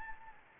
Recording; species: mosquito wingbeat signal from an infrared sensor; Anopheles gambiae